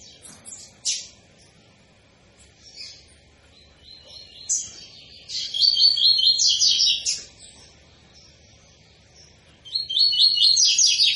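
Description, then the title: Double-collared seedeater gives scattered high chips at first, then a loud rattling phrase of quick repeated notes, and starts another at the end. Tui-tui style song of a spirited ('fibra') bird, used as a teaching song for young birds. "COLEIRO TUI TUI FIBRA"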